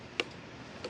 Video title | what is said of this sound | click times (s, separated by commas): Scooter Extravaganza: Cunfun's Budget-Friendly Surprise! | it just clicks into place at the back here. There's nothing for me to do. | 0.2 s